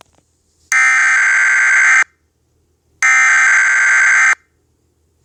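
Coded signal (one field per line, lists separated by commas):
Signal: Emergency Alert System (SAME) tones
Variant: header bursts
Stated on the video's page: Simulated EAS alert for a fictional Gravity Falls Weirdmageddon scenario, as seen on TV.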